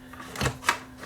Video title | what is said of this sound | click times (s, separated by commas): Simplebeamer LED Multimedia projector review and tear down | just locks in place like this just like | 0.7 s